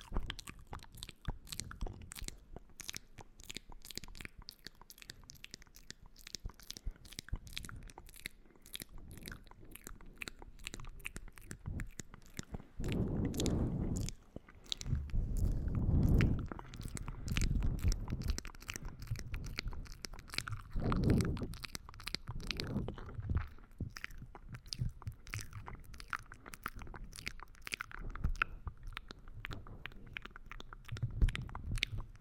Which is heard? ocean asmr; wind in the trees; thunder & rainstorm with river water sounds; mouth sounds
mouth sounds